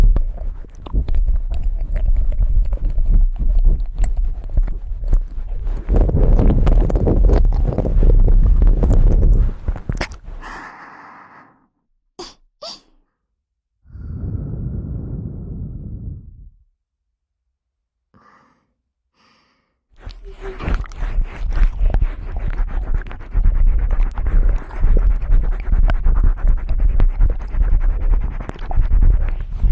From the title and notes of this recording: ASMR Ear Eating Tingles.